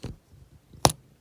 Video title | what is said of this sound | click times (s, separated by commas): Vintage Parkers Brothers "Construction Company" building toy set 1985 use screwdriver to build a car | you should have heard that click so | 0.8 s